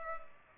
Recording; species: mosquito wingbeat signal from an infrared sensor; Culex pipiens